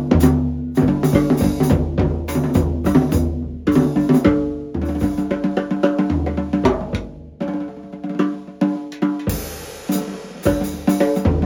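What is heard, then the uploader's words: A brass and snare groove plays steadily, with sharp snare hits cracking at a regular quick pulse over held brass chords and a deep bass line. The sound is dense; after a short break near nine seconds it returns brighter, with added hiss. This is a 5.0 x 14” Oriollo Giramondo brass snare with Angel stainless hoops. The Giramondo line is spun seamless brass. I had the snare made for me with no center bead, raw and scorched surface, and a DW mag throw.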